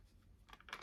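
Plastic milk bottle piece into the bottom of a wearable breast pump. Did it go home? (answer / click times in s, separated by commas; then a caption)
no / none. A plastic milk bottle piece is pushed into the bottom of an Elvie wearable breast pump, with a quiet handling hiss followed by a few brief plastic taps and scrapes near the end. The bottle has not yet snapped into the base, and nothing has seated or clicked.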